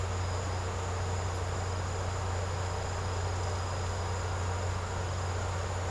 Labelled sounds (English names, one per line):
none